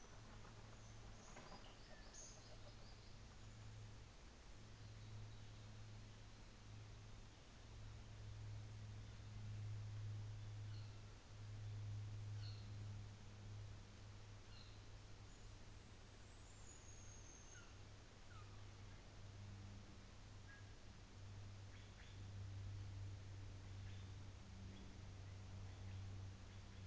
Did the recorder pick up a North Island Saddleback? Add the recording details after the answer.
yes. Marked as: faintness 4/5, faintness 2/5. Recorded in New Zealand on 24 December 2018. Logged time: 17:00